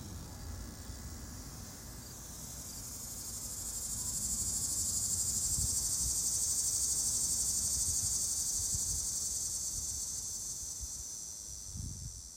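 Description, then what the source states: Cicada giving a continuous high buzz that swells louder through the middle and fades slightly toward the end, over faint low wind rumble. Recorded in summer.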